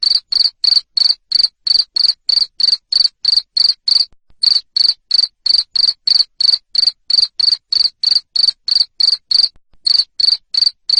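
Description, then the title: Cricket chirping loudly and steadily, short high pulses repeated about three times a second, with two brief pauses and nothing else audible. Loud cricket chirping, called ngerik, played to stimulate lovebirds to sing continuously (ngekek). "Suara JANGKRIK NGERIK Keras Bikin LOVEBIRD Jadi NGEKEK Terus Vubey"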